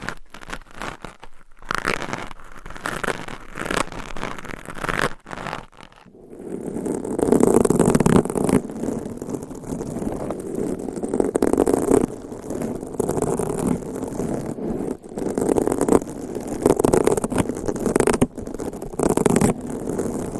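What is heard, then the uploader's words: Dense scratching and rubbing against a microphone with long nails, choppy at first, then fuller and steadier after about six seconds. ASMR Mic Scratching - Brain Scratching Hypnotic Asmr No Talking for Sleep with Long Nails.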